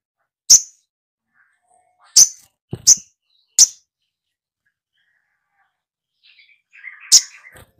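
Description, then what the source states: Little spiderhunter calls: sharp, piercing chip notes, irregularly spaced, with a brief low thud, a quiet pause, then soft twittering around a last chip. Masteran (training song for songbirds), song style called Labaik.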